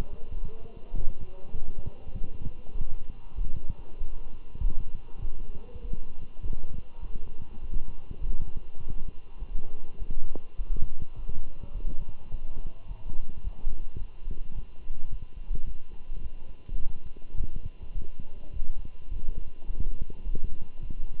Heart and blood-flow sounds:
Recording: heart sounds by stethoscope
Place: between the tricuspid and mitral areas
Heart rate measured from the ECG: 103 bpm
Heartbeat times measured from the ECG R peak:
0.34 s: heartbeat
0.94 s: heartbeat
1.53 s: heartbeat
2.13 s: heartbeat
2.74 s: heartbeat
3.36 s: heartbeat
3.98 s: heartbeat
4.60 s: heartbeat
5.21 s: heartbeat
5.81 s: heartbeat
6.42 s: heartbeat
7.01 s: heartbeat
7.61 s: heartbeat
8.21 s: heartbeat
8.80 s: heartbeat
9.39 s: heartbeat
9.99 s: heartbeat
10.58 s: heartbeat
11.16 s: heartbeat
11.73 s: heartbeat
12.31 s: heartbeat
12.88 s: heartbeat
13.43 s: heartbeat
13.98 s: heartbeat
14.54 s: heartbeat
15.10 s: heartbeat
15.66 s: heartbeat
16.22 s: heartbeat
16.79 s: heartbeat
17.37 s: heartbeat
17.94 s: heartbeat
18.52 s: heartbeat
19.10 s: heartbeat
19.67 s: heartbeat
20.25 s: heartbeat
20.82 s: heartbeat
From the record:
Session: walking at 3.7 km/h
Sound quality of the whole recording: good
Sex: male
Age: 24 years

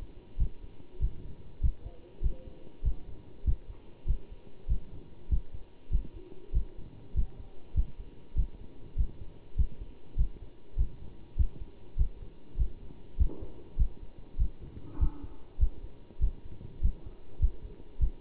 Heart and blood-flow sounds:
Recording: heart sounds by stethoscope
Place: between the tricuspid and mitral areas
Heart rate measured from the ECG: 99 bpm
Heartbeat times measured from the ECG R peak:
0.38 s: heartbeat
1.00 s: heartbeat
1.61 s: heartbeat
2.22 s: heartbeat
2.83 s: heartbeat
3.45 s: heartbeat
4.06 s: heartbeat
4.68 s: heartbeat
5.30 s: heartbeat
5.91 s: heartbeat
6.53 s: heartbeat
7.15 s: heartbeat
7.75 s: heartbeat
8.36 s: heartbeat
8.97 s: heartbeat
9.57 s: heartbeat
10.17 s: heartbeat
10.77 s: heartbeat
11.37 s: heartbeat
11.97 s: heartbeat
12.58 s: heartbeat
13.18 s: heartbeat
13.78 s: heartbeat
14.38 s: heartbeat
14.99 s: heartbeat
15.59 s: heartbeat
16.20 s: heartbeat
16.81 s: heartbeat
17.40 s: heartbeat
18.00 s: heartbeat
From the record:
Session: bicycle stress test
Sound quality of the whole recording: good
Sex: male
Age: 27 years

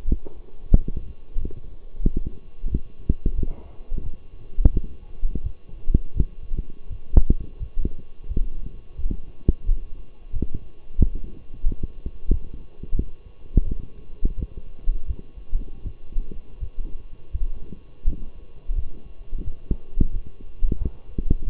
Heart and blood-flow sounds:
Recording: heart sounds by stethoscope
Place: between the tricuspid and mitral areas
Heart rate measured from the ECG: 87 bpm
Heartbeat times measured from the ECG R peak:
0.06 s: heartbeat
0.72 s: heartbeat
1.37 s: heartbeat
2.02 s: heartbeat
2.68 s: heartbeat
3.35 s: heartbeat
4.02 s: heartbeat
4.72 s: heartbeat
5.42 s: heartbeat
6.14 s: heartbeat
6.88 s: heartbeat
7.59 s: heartbeat
8.28 s: heartbeat
8.97 s: heartbeat
9.65 s: heartbeat
10.32 s: heartbeat
10.98 s: heartbeat
11.65 s: heartbeat
12.30 s: heartbeat
12.95 s: heartbeat
13.64 s: heartbeat
14.36 s: heartbeat
15.07 s: heartbeat
15.83 s: heartbeat
16.59 s: heartbeat
17.32 s: heartbeat
18.05 s: heartbeat
18.75 s: heartbeat
19.44 s: heartbeat
20.12 s: heartbeat
20.78 s: heartbeat
21.44 s: heartbeat
From the record:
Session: walking at 3.7 km/h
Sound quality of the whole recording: partially saturated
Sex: male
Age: 24 years

